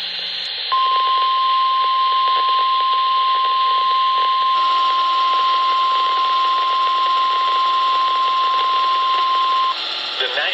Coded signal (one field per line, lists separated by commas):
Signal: Emergency Alert System (SAME) tones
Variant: 1050 Hz attention tone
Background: speech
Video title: February Severe T’Storm Warnings + Tornado Watch | NOAA WXJ75 & WJWR-FM (2/22/23)